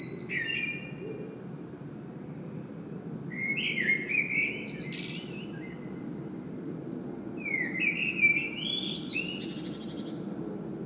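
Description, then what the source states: Common blackbird singing a few phrases, each a mellow warble finishing in scratchy high twitters, spaced a few seconds apart, with constant low background noise. Singing bird in Saint-Gilles, Belgium; recorded with a Sony PCM-M10 internal microphone.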